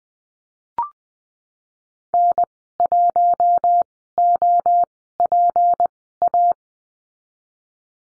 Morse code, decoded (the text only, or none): N 1 O P A